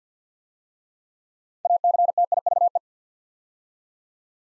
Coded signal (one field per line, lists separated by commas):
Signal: Morse code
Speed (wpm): 48 wpm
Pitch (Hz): 700 Hz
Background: none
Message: ACTIVE